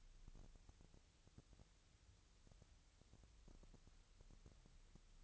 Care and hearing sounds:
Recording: daily activity, microphone in the room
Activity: wipe stove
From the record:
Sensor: 3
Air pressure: 1001.6 hPa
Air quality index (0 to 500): 222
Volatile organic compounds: 30 ppm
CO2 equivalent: 2955 ppm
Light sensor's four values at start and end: 11/33/14/12 and 10/33/14/12

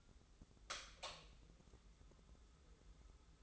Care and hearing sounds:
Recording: daily activity, microphone in the room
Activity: light off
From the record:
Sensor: 3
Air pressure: 995.3 hPa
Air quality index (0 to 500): 82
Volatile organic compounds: 7 ppm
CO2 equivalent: 1984 ppm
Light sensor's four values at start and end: 12/30/12/12 and 9/21/9/8

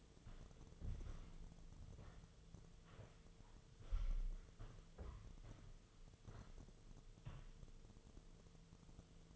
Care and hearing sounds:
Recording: daily activity, microphone in the room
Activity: walk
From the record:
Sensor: 4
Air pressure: 1006.2 hPa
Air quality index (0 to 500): 87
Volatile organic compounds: 2 ppm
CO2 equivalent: 1085 ppm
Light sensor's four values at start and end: 12/28/11/10 and 12/28/11/10

